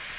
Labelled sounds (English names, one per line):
Magnolia Warbler flight call